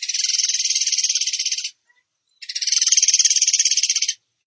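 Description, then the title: Bird song: two separate bursts of fast, buzzy trill, each nearly two seconds long, divided by a short silence. Masteran training recording of bird song in the tembakan gacor style. "Masteran Burung Tembakan Gacor"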